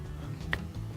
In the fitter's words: you wouldn't think it by looking at it but it goes in there it goes in until it clicks